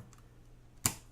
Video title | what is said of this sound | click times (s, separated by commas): How To Build a $700 Gaming PC LIVE! | have one more here goes in just the same way and snap | 0.9 s